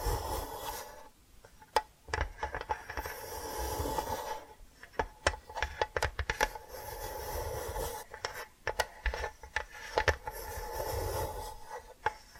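Tapping and scratching sounds, with sharp taps landing irregularly, clustered around two, five to seven, and eight to ten seconds. Between them, soft rasping scratches and rubbing fill in, with brief quiet gaps near one and four seconds.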